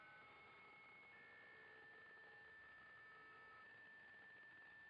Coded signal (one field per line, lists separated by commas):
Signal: PSK63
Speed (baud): 62.5 baud